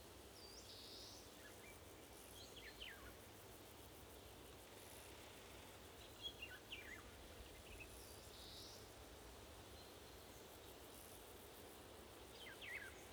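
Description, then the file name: Eurasian golden oriole calls: brief, faint descending notes spaced a few seconds apart, over a steady hiss. More than one golden oriole calling. "golden orioles talk"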